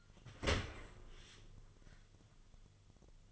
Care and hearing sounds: daily activity, microphone in the room; open dishwasher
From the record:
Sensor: 4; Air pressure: 1005.6 hPa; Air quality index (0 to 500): 109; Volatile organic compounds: 3 ppm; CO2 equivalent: 1364 ppm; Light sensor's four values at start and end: 12/27/11/10 and 12/27/10/10

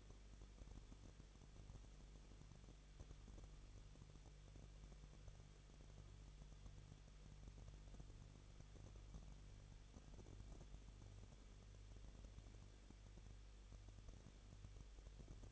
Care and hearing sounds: daily activity, microphone in the room; no activity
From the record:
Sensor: 4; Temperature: 23.1 degrees Celsius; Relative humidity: 34.3%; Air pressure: 1007.2 hPa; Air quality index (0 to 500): 215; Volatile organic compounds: 15 ppm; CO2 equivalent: 2485 ppm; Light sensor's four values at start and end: 2/3/1/1 and 2/3/1/1

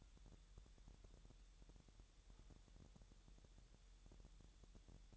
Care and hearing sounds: daily activity, microphone in the room; wipe stove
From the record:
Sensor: 3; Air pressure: 1001.0 hPa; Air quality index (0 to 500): 249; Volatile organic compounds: 179 ppm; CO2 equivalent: 4138 ppm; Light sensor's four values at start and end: 13/31/13/13 and 13/30/13/13

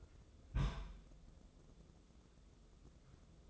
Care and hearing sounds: daily activity, microphone in the room; place on stove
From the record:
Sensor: 3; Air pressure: 995.4 hPa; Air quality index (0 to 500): 85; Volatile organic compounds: 8 ppm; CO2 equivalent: 2051 ppm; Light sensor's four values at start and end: 25/78/33/28 and 25/78/33/28

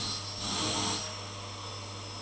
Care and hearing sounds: daily activity, microphone in the room; vacuum cleaning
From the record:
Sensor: 4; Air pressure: 991.8 hPa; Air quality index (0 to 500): 113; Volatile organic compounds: 20 ppm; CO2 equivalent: 2690 ppm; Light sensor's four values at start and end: 18/62/23/23 and 19/62/23/23

